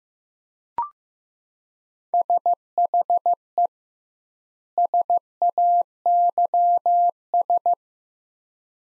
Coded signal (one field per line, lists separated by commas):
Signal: Morse code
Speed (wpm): 15 wpm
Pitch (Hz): 700 Hz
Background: none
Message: SHE SAYS